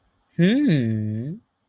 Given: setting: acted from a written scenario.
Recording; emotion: vocal sound without words; romantic love